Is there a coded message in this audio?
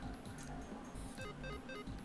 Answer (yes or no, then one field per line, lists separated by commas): no